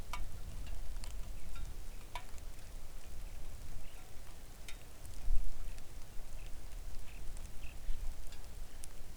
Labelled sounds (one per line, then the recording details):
songbird
rain
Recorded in the Arctic National Wildlife Refuge, Alaska, on 3 August 2019 at 05:58
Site 41